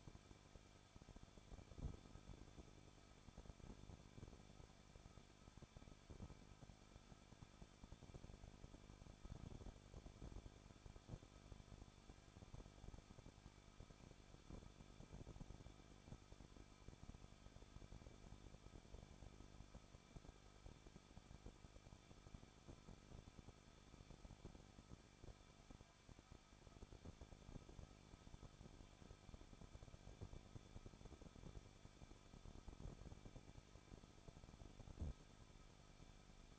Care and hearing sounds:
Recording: daily activity, microphone in the room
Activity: no activity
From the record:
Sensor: 5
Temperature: 20.7 degrees Celsius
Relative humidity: 38.6%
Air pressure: 1006.5 hPa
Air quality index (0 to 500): 191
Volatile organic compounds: 20 ppm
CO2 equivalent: 2701 ppm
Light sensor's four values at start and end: 2/3/1/1 and 2/3/1/1

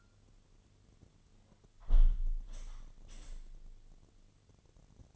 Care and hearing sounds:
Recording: daily activity, microphone in the room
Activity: close window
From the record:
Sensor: 4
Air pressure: 1007.2 hPa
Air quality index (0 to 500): 182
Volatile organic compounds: 5 ppm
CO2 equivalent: 1814 ppm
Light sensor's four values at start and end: 23/73/28/27 and 23/73/28/27

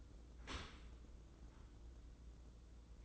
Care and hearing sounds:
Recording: daily activity, microphone in the room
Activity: open dishwasher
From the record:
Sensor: 3

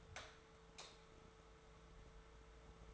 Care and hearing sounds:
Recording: daily activity, microphone in the room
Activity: light off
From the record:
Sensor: 3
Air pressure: 1014.6 hPa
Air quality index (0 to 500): 182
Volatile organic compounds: 19 ppm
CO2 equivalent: 2658 ppm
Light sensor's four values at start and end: 41/105/45/48 and 26/64/27/29

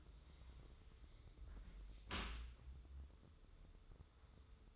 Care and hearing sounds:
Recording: daily activity, microphone in the room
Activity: close dishwasher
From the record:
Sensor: 3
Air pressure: 995.7 hPa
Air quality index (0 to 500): 98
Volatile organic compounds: 14 ppm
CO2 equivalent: 2450 ppm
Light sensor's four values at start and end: 29/86/36/31 and 29/86/36/31

